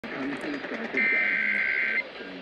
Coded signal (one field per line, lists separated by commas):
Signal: Emergency Alert System (SAME) tones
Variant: header bursts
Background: speech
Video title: California AMBER Alert on KFBK (EAS #1,047)